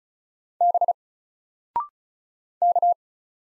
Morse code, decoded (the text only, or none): B K